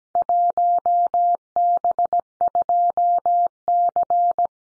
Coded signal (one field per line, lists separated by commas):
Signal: Morse code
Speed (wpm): 17 wpm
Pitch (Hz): 700 Hz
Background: none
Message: 1B2C